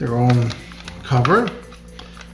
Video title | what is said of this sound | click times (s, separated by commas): BEST Walkie Talkies Long Range Rechargeable REVIEW | that cover goes right just like that and locks in place very simple | 2.0 s, 2.2 s